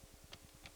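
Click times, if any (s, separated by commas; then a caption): none. A plastic and metal zipper presser foot is placed under the foot holder of a PFAFF creative 7550 sewing machine as the presser bar is being lowered to snap it into place. Two short, bright ticks are heard at about 0.3 s and 0.7 s over a low, steady, pulsing hum. Nothing has seated or clicked yet; the foot is not home.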